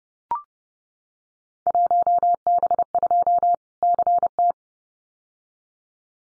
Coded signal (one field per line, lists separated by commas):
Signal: Morse code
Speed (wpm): 30 wpm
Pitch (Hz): 700 Hz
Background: none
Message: 1B2 CT